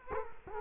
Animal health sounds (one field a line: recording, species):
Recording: mosquito wingbeat signal from an infrared sensor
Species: Culex quinquefasciatus